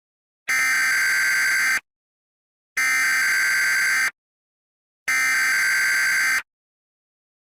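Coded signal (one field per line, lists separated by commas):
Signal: Emergency Alert System (SAME) tones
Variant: header bursts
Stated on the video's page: Simulated EAS alert.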